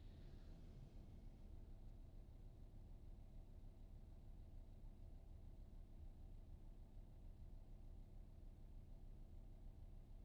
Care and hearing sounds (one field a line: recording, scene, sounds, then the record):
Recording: everyday scene through a hearing-aid microphone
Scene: in a vehicle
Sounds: engine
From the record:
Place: VW T5 Caravelle, diesel engine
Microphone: in the ear canal, right